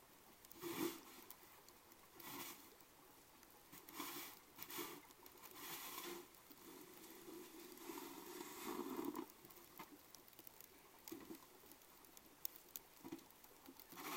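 Snow is shoveled from an entrance and a lane in the evening, with a water channel running the whole time. Scraping strokes come every second or two through the first nine seconds, then the shoveling fades to a few soft clicks over the steady rushing water.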